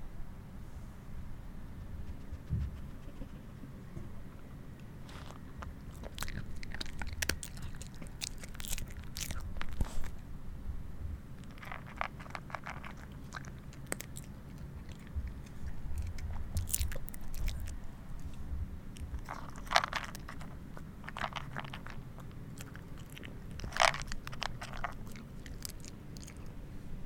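Someone eats, with crisp bites and crunches arriving in quick clusters, especially around 6 to 14 seconds and again near 20 and 24 seconds. Between bursts, softer chewing and mouth sounds continue over a low, steady rumble.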